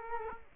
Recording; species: mosquito wingbeat signal from an infrared sensor; Culex quinquefasciatus